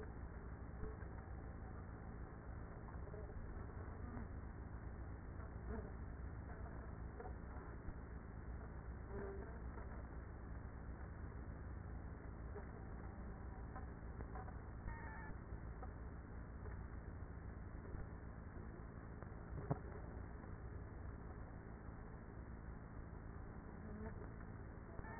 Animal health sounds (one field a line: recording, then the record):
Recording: honeybee colony, microphone inside the hive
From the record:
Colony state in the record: queenless with a low population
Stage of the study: after two queens were removed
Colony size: about 30,000 bees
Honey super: no